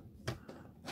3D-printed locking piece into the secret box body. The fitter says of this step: there with a lock in place I think